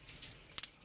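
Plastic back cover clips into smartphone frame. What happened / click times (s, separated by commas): A plastic cover clip snapped into place / 0.6 s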